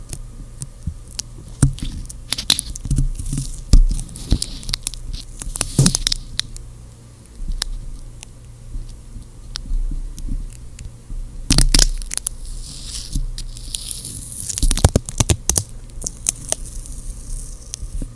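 Stickers, tape and gloves being handled: irregular crinkles and soft taps, with sharper peeling and tearing bursts near 2.5, 6, 12 and 15 seconds. A steady low hum and a faint thin tone run underneath throughout.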